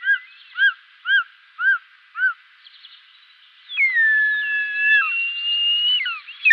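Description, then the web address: Short-toed snake eagle calling: five arched whistled notes at a steady pace, then long drawn-out plaintive whistles. "Schulze Peter Short-toed Eagle"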